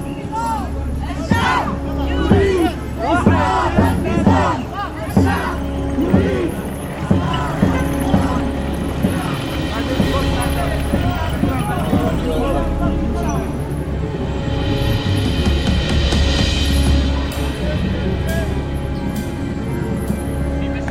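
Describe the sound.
A street protest crowd of demonstrators in Paris, demanding the return of the disappeared, fills the air with a steady, dense hubbub of many voices, individual shouts briefly rising above the babble before it swells again toward the end.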